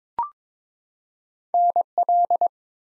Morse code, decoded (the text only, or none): NL